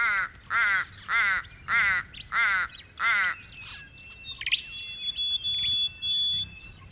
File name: zebra finches